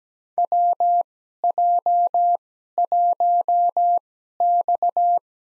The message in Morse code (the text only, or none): WJ1X